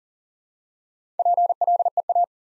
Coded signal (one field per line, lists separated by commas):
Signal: Morse code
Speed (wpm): 42 wpm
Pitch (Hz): 700 Hz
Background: none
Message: PLEA